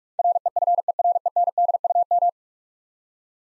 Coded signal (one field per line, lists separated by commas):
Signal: Morse code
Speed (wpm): 46 wpm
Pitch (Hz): 700 Hz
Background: none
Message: REFERENDUM